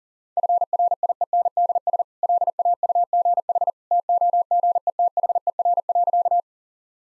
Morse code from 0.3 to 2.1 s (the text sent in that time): FRIENDS